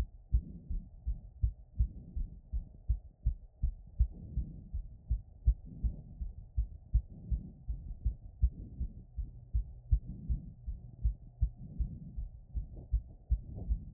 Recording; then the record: heart sounds by stethoscope after running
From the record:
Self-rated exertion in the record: moderate exertion (3 of 6); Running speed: 7 mph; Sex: female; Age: 24 years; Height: 163 cm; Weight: 52 kg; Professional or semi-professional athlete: no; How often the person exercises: 1 to 2 times a week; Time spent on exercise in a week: under 1 hour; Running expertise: no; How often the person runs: 1 to 2 times a week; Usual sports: interval training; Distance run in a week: 5 km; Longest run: 3 km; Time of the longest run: 30 minutes